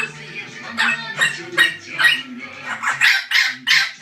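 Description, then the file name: Orange-winged amazon delivering a fast series of rough, nasal squawks, about three per second toward the end. "venesuelskii amazon poyot"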